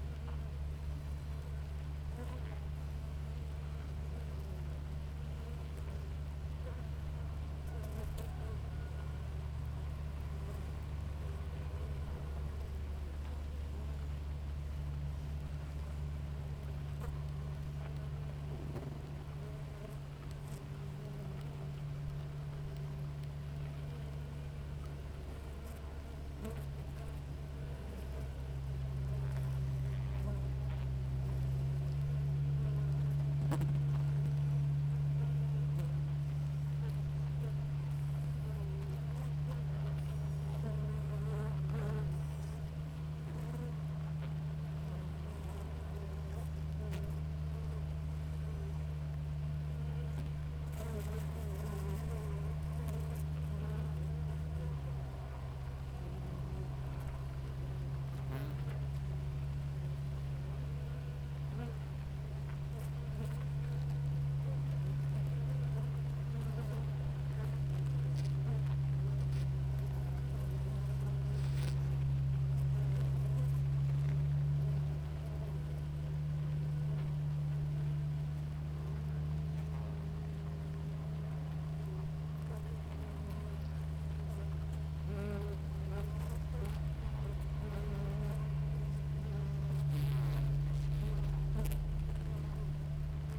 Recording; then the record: honeybee colony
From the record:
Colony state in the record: active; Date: 28 July 2017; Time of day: 6:02